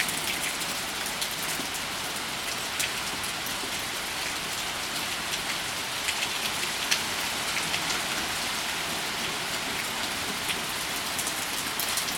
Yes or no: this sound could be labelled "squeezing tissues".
no